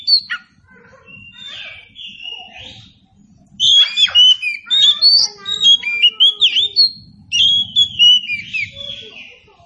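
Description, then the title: Oriental magpie-robin song: rich varied whistles, trills and buzzy notes in lively bursts over a steady low hum. Indonesian title says it is meant to make magpie-robins sing in reply. "Nyaut Kacer"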